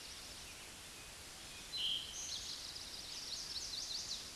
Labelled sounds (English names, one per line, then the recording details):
Eastern Towhee song
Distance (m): 30 m
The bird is about 5 m above the microphone
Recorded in a Pennsylvania forest on 16 May 2024 at 09:09
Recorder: AudioMoth, point MSD-2061
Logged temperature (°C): 16.1 °C
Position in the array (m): 203 m, 176 m